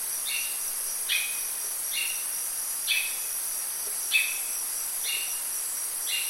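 Bird calls: repeated short whistles with a sharp downward start and level tail, near one per second, while a shrill steady drone runs throughout.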